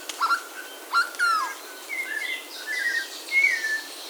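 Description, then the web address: Bird calls, loud falling whistled notes early with harmonic chirps, then softer rising and falling whistles, over background hiss. "BIRD 2015 SABIOD"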